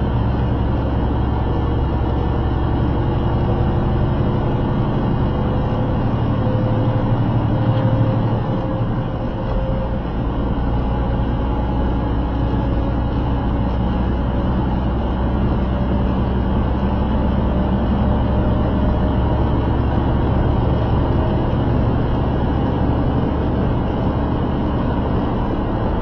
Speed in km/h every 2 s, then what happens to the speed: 90, 93, 97, 100, 101, 103, 106, 111, 114, 118, 121, 124, 126.
0-26 speeds up to 126.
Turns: none.